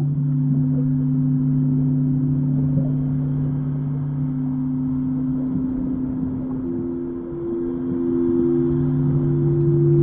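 Singing bowls hold low, steady tones over a soft rumbling bed. A higher tone enters past the midpoint while the lowest one briefly fades out and returns near the end. The level stays even throughout, with no sharp strikes.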